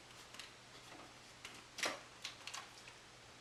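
A plastic crevice tool is handled and pushed toward the wand/handheld nozzle of a Dyson DC59 Animal cordless stick vacuum, producing faint plastic ticks and taps around 0.4, 1.8, 2.3 and 2.5 seconds over a quiet background. The clip ends before the tool goes home, so nothing has seated or clicked yet.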